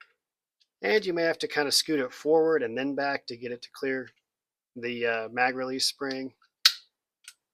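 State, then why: Seated. An aftermarket Eden Perfection flat trigger assembly is scooted forward and back to clear the magazine release spring, then pressed down into the frame of a Palmetto State Armory 5.7 Rock handgun while someone talks. A loud, sharp snap at 6.7 s marks the trigger popping into place, confirmed seated.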